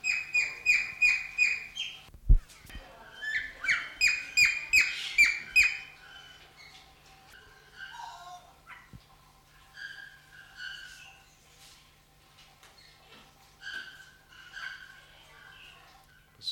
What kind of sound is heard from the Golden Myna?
call